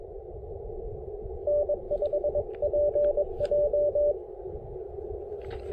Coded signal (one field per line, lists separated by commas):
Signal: Morse code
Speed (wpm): 19 wpm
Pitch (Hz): 590 Hz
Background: radio noise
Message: N5PJ